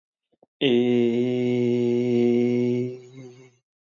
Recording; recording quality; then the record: sustained vowel as in made; excellent, no background noise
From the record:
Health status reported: healthy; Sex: male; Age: 39 years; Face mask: worn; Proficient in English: yes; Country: India